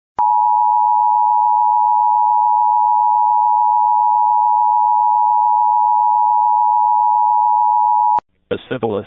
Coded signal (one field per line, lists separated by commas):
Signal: Emergency Alert System (SAME) tones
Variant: 853 and 960 Hz attention tone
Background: speech